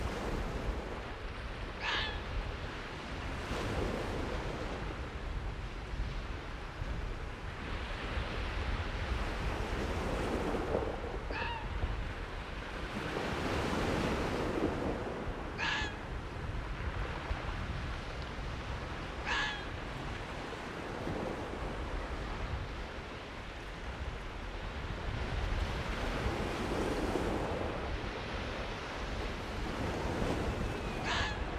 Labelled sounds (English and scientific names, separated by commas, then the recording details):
Arctic Fox (Vulpes lagopus) call
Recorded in the wild
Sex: female
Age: adult
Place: Insel Mednyi, Kommandeur-Inseln, RU
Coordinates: 54.5167, 168.083
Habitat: tundra
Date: 1999-08-24
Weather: cloudy, 10°C, weak winds
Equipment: Sony TCD-D8, Sennheiser MKH 70, Windkorb
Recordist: Frommolt, Karl-Heinz